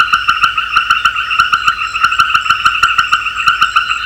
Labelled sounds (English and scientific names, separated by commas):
none